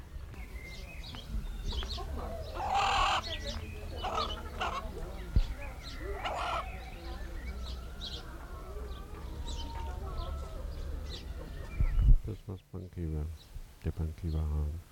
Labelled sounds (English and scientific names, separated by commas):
Red Junglefowl (Gallus gallus) call